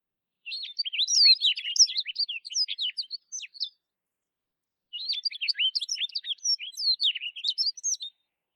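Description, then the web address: Rustic bunting giving two quick, high twittering phrases of short chirpy notes, each lasting about three seconds with a brief silent pause between them. "kashiradaka"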